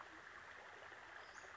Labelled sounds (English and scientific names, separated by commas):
Western Flycatcher (Empidonax difficilis)